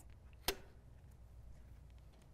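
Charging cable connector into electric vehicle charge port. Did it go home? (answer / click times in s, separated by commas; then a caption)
yes / 0.5 s. A charging cable connector is pushed into the charge port of a 2024 Chevy Blazer EV and latches with one sharp, loud click at 0.5 s. A faint tick sounds just before, followed by a quiet low hum, and the connector is seated.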